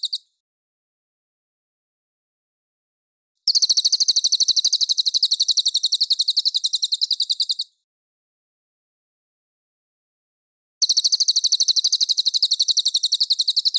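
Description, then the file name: Mangrove whistler repeating long, fast trills of high, sharp notes, one lasting about four seconds, with silent pauses between bursts. Clear call. "suara burung cililin jernih"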